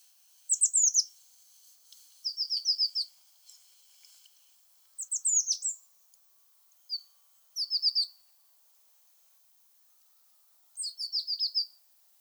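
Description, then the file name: Eurasian blue tit singing high, thin phrases: a few sharp notes dropping into a quick descending trill, repeated several times at irregular intervals. "Cyanistes caeruleus"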